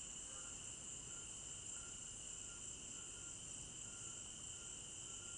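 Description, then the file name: Crickets trilling without pause in a bright high chorus, a steadier lower band beneath and faint short chirps. Crickets at night in an African village garden; stereo binaural recording. "African-Village Garden Night Crickets 01 Stereo-Binaural"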